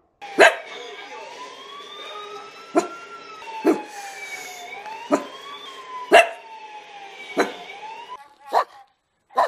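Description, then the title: Dog barking in single barks every second or two while a wailing siren rises and falls. Compilation of several dogs barking, presented as funny. "LADRIDOS DE PERROS 🐶 Perros LADRANDO"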